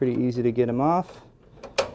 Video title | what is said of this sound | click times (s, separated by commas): Newegg Review: Cooler Master HAF 912 and HAF 922 (Part 1) | locks in place plenty of air flow here on the front as well as on the side on the top | 1.8 s